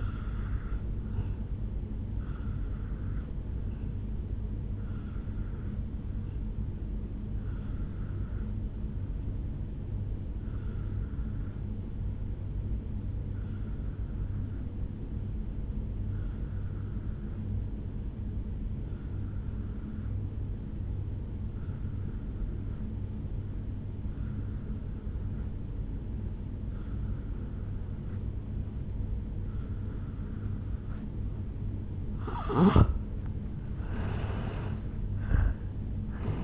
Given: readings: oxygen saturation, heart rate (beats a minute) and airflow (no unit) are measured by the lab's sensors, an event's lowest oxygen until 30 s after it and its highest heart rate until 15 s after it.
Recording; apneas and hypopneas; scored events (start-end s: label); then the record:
breathing in sleep by a smartphone at the bedside; 1
11.00-36.43 s: new sleep stage, N2 (light sleep)
12.00-30.60 s: obstructive apnea (N2, oxygen 96% highest, then 85% lowest, heart rate 58 at the start, 77 highest)
From the record:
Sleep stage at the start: N1 (lightest sleep); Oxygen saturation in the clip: 85 to 96%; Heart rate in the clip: 57 to 74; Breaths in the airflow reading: 5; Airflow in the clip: -9.5 to 5.9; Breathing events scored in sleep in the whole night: 449 in 7.0 hours asleep